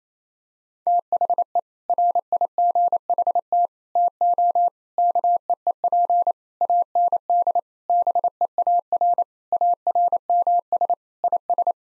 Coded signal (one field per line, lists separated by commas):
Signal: Morse code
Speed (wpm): 28 wpm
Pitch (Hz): 700 Hz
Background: none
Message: THE RIGHT TO KEEP AND BEAR ARMS IS